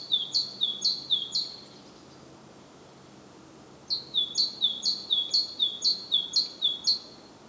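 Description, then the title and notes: Great tit song: two bouts of repeated two-note high phrases, a sharp higher note dropping to a lower one, about two per second, with a gap between bouts. Głodówka, Žilina Region, Slovakia; recorded with a Zoom F3 recorder and Usi Pro microphones. "Głodówka, Kraj żyliński, Słowacja - Great voice of a great tit. Recordist: Maciej Wirmański"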